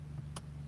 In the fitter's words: Hey, that clicked in.